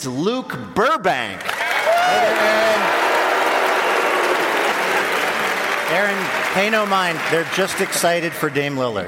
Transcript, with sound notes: it's Luke Burbank.
(BOOING)
Pay no mind. They're just excited for Dame Lillard.